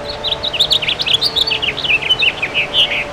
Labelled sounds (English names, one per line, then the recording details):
House Finch song
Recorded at Bridgehampton on Long Island, New York, on 22 June 2013
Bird G